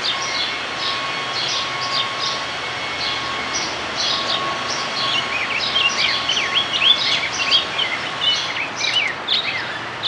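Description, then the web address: Rose-breasted grosbeak song, a lively warbled phrase in the second half with quick up-and-down notes, after scattered high chirps and background hiss. "Rose-breasted Grosbeak Rose-breasted Grosbeak BSB 2006"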